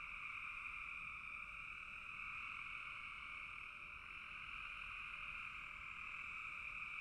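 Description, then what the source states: Continuous chorus of frogs, overlapping rasping calls blending into a level, high-pitched drone. Several frogs calling in a bog.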